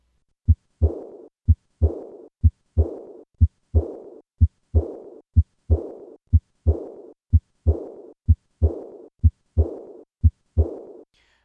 Recorded at the fourth left intercostal space. This decrescendo diastolic murmur as typical for aortic regurgitation.